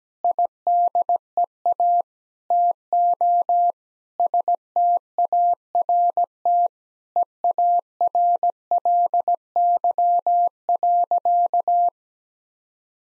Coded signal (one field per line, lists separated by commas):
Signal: Morse code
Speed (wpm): 17 wpm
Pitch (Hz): 700 Hz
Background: none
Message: IDEA TO START EARLY.